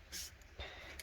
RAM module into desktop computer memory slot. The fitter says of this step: Alright, then we'll take the other stick of RAM, put that in the other slot there, push it down, make sure it snaps into place.